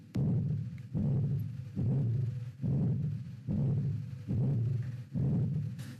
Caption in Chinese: 小儿心脏杂音。 是在我们两个心音当中，就痛贴当中，你听到一个呜呜呜，嗯啊，这是很不正常的啊。 先天心脏病它往往在里面会有一些畸形，比如说狭窄或者是 有一个孔或者是瓣膜断裂产生的这样一些声音。